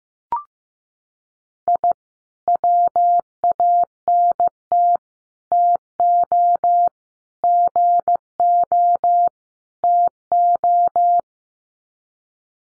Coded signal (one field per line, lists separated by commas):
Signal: Morse code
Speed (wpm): 15 wpm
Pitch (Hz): 700 Hz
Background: none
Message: I WANT TO GO TO